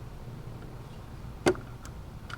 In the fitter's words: oh i heard clicks hey look at that that was the winner